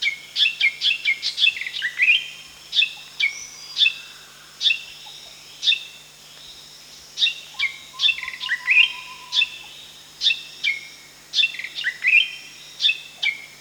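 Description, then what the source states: Spotted fantail song of rapid high chips and short slurred whistles, delivered in lively repeated phrases; a faint lower drawn-out whistle sounds briefly in the middle. Recorded at Danum on 1 July 2008.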